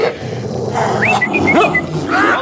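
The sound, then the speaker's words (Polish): A three-headed dog growls and barks in a steady, agitated stretch while gripping a man's trouser leg, with rough low rumbling broken by short, high, whiny yelps that rise and fall in pitch, fairly loud throughout with no talking. “bądź grzecznym psem. Puść nogawkę pana.”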